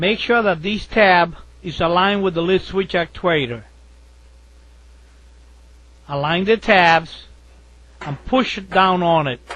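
A plastic cover with snap tabs is being fitted into the top of a Maytag washing machine, with its tabs lined up with the lid switch actuator before it is pushed down. Someone talks over a quiet stretch with a low steady hum, and nothing has clicked or snapped into place yet.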